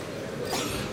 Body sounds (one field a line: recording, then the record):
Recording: coughing mixed with background sound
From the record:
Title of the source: 64 coughing, allergies, singing lungs